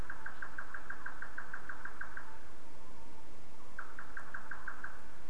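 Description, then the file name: Bird calling in fast series of short, clipped mid-pitched notes, about six per second, one long run then a shorter burst after a pause, over low steady rumble. "mainly bird"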